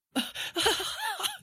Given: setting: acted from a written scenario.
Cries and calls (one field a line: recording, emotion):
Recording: vocal sound without words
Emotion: elation